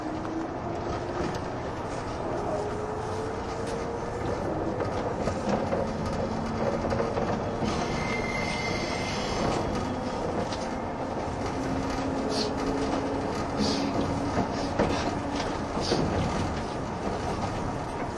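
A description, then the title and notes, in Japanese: A train's running sound, a dense, steady rumble that holds at an even level for the whole stretch. Faint motor whines slide slowly up and down through it, while light rattles and clicks come through irregularly, a little busier around the middle. 185系 踊り子106号01 伊豆急下田～熱海。修善寺始発の列車を併結しつつも上り列車で最速となる、185系踊り子106号を収録したものです。音の旅(走行音)。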